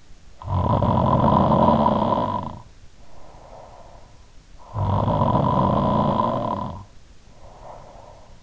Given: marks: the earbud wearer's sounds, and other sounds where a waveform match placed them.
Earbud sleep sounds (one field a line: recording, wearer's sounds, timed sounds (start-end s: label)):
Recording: sounds in sleep by an in-ear microphone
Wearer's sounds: snoring breath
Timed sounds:
0.20-4.05 s: snoring breath
4.35-8.42 s: snoring breath